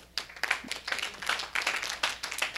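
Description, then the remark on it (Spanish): A church audience applauding: a dense, steady wash of many hands clapping, with sharp individual claps popping out of the texture throughout, moderately loud and with no voices. “Y que sea un aplauso para todos ustedes, porque yo veo que Dios está haciendo la obra y que el ministerio está creciendo, y eso es lo que esperamos.”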